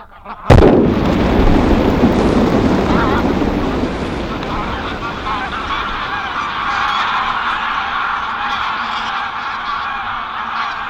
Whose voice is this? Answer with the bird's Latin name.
Anser anser